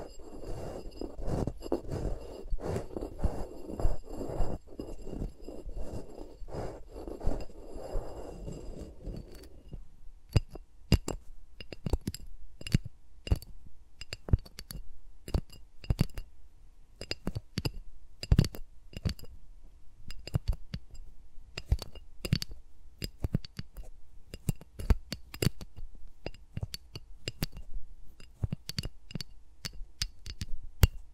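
ASMR finger sounds made around microphones. For the first ten seconds, fingers rub and rustle in a dense, fast, muffled rhythm; then the sound switches to crisp, bright taps and clicks, a few each second at an uneven pace, with quiet gaps between.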